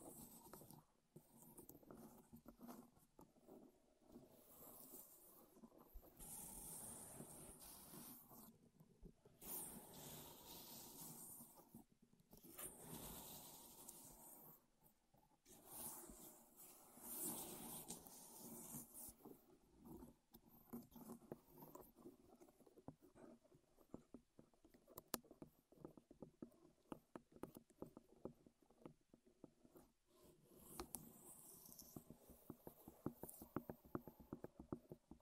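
Wooden ASMR triggers: tapping, scraping and rubbing on wood, with hollow knocks and dry scratchy textures. Sounds come in irregular bursts with short pauses, some dense stretches of rapid scratching and bright swishing, later turning into quicker, sharper taps toward the end.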